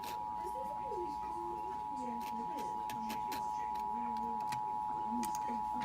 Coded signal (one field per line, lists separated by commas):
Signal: Emergency Alert System (SAME) tones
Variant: 853 and 960 Hz attention tone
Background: speech